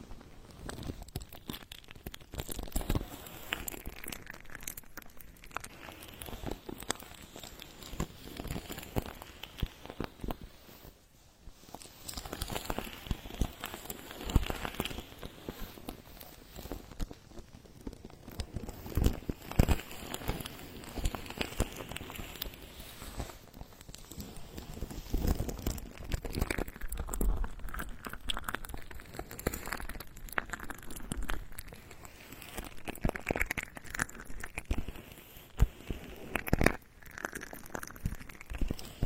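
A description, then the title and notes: Ultra-fine ear touch: soft, dense crackling and rustling brushes that come in waves, with sweeping strokes rising and falling every few seconds. The texture stays busy and crinkly throughout, dipping briefly quieter around eleven seconds before resuming. Ultra-fine ear touch, immersive experience.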